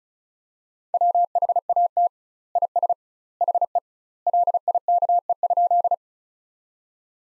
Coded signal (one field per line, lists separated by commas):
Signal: Morse code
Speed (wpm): 34 wpm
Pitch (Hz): 700 Hz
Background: none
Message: WHAT IS HE LIKE?